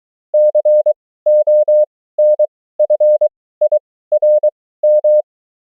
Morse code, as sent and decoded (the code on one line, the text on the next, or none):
-.-. --- -. ..-. .. .-. --
CONFIRM